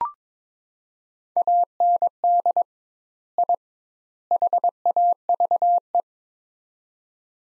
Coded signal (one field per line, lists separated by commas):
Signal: Morse code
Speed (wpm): 22 wpm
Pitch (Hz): 700 Hz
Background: none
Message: AND I HAVE